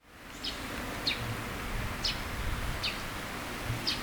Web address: bird song suzume